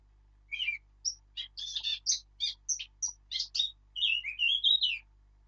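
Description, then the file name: Eurasian blackcap song: a rapid run of varied scratchy warbled notes, then a clear, rising and falling fluty flourish near the end, with a low steady hum beneath. "Sylvia atricapilla"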